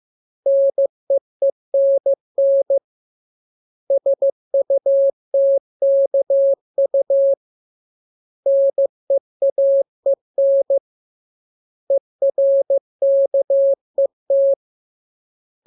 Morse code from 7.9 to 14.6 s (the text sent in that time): NEAEN ERKET